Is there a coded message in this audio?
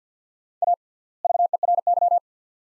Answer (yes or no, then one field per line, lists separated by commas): yes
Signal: Morse code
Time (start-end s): 0.6-2.2 s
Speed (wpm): 48 wpm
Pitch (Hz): 700 Hz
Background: none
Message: A VERY